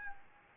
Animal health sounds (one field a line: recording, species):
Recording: mosquito wingbeat signal from an infrared sensor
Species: Aedes albopictus